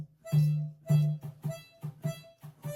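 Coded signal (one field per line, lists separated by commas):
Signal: none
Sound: harmonica and drum music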